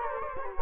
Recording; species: mosquito wingbeat signal from an infrared sensor; Culex quinquefasciatus